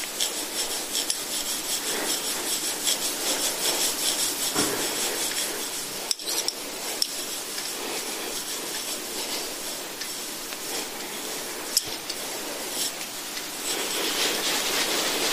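Massage instruments give a steady, dense metallic scraping and rustling, bright and continuous, with occasional sharp knocks near six and twelve seconds.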